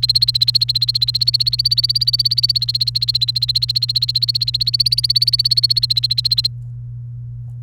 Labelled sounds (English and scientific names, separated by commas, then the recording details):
Domestic Canary (Serinus canaria) song
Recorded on 30 April 2018 at 08:26
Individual llb3